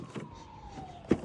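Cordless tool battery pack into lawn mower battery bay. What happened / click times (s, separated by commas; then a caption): The battery pack clicked into its bay / 1.1 s. A 10 Ah lithium battery pack is slid into the battery bay of a cordless lawn mower, with faint shuffling and a steady tone drifting slowly downward in the background. A short, sharp click sounds at 1.1 seconds as the pack seats in the bay.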